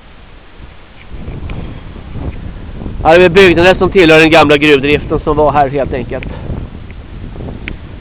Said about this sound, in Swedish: Och vi ska ta oss lite promenad här, det blåser ganska små kalla vindar också.